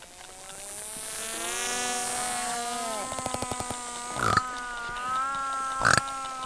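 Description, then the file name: Risso's dolphin whistling: gliding harmonic tones that bend and level out, broken by a short click burst and two loud pulses. Monterey, 17 May 2005; played at half speed. "Monterey Rissos 17 may 2005 Half Spd"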